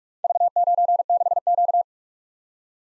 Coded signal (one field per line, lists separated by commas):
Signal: Morse code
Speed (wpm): 44 wpm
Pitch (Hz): 700 Hz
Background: none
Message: V96Q